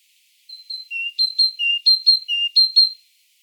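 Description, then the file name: Great tit giving clear high whistles, a lower note followed by two higher notes in quick repeated groups for about two and a half seconds. "Parus major"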